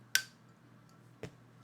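A plastic cap is pushed back onto an early cologne spray bottle of Signature Pour Homme, number 397 of the first 500 from the original batch. A sharp, bright click at 0.2 s shows the cap clicking into place and seating, followed by a fainter tap at about 1.2 s over a low steady hum.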